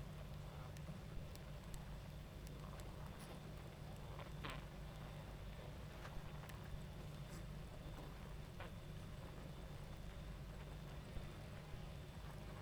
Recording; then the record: honeybee colony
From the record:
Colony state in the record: active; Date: 28 July 2017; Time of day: 21:58